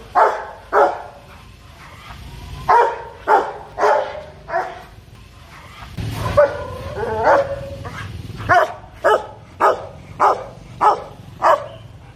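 Dog barking fiercely in loud, harsh bursts, about one or two a second, some with a wavering tone.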